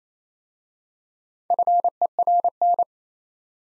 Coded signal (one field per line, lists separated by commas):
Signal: Morse code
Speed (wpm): 27 wpm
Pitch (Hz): 700 Hz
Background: none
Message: FERN